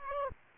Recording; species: mosquito wingbeat signal from an infrared sensor; Aedes aegypti